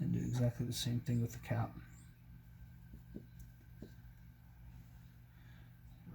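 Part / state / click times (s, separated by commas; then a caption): engine bearing shell into connecting rod cap / not seated / none. Someone talks while picking up an engine bearing shell for the connecting rod cap on a GM 2.4 Twin Cam E6 engine and lining up its tang end to go in first. After the talk stops, there is quiet handling with a few faint light taps around 3.2 s and 3.4 s. The shell has not yet been pressed down or clicked into place.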